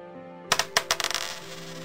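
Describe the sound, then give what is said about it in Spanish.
A handful of coins, given as a tip, drop and clink, a few bright metallic hits followed by a quick jangling rattle that settles into a faint ringing shimmer. No one speaks. “Tanto le gustaron que no solo pagó al zapatero el precio que pedía, sino que le dio unas cuantas monedas más como propina.”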